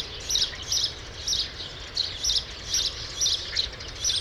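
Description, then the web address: Sparrows calling with clusters of short high chirps about twice a second in a lively, irregular chatter. "True sparrows. صدای-پرنده-راستین"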